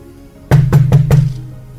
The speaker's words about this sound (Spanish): Golpeó en la puerta, 11 de la noche.